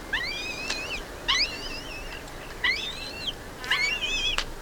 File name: Hamirostra Melanosternon